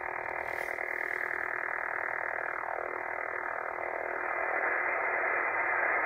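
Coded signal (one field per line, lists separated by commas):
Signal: radar signal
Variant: over-the-horizon radar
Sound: steady harsh rasping buzz filling the whole receiver passband, with faint repeating sweep texture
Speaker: Over the Horizon radar that's currently wipe it out a pretty big portion of the 40 meter band at my qth here in northern England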